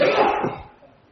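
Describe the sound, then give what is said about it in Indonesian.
A single sharp sneeze during a religious lecture, a bright, breathy blast that fades quickly into quiet within about half a second. “Yarhamukallah.”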